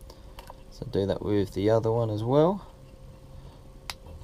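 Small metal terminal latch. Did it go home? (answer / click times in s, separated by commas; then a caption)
released / 3.9 s. A pin removal tool is slid either side of a crimped terminal in an ECU wiring plug and pushed down, releasing the terminal so the wire can be pulled out the back. Someone talks, with faint ticks early on, then a sharp click at 3.9 s as the terminal releases.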